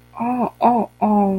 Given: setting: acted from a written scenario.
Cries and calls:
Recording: vocal sound without words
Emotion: shame

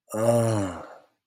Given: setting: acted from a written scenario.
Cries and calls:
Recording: vocal sound without words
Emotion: elation

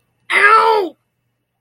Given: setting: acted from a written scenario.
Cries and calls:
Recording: vocal sound without words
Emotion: pain

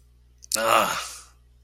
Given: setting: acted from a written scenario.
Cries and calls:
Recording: vocal sound without words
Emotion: contempt

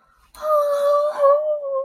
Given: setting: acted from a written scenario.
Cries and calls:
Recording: vocal sound without words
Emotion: positive surprise

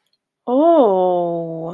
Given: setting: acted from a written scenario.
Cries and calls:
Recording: vocal sound without words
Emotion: romantic love

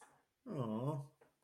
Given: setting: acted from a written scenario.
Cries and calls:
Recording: vocal sound without words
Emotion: sympathy

